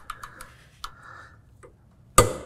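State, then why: Torque reached. A torque wrench set to 50 ft-lb tightens the blade bolt on the mower deck spindle of a John Deere Z530R zero-turn mower. A few light ratcheting ticks come first. A sharp, loud click at 2.2 s shows the wrench reaching its 50 ft-lb setting.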